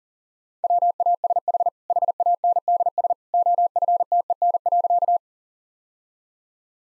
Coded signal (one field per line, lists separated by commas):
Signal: Morse code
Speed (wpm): 37 wpm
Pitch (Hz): 700 Hz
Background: none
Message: WASH HANDS OFTEN.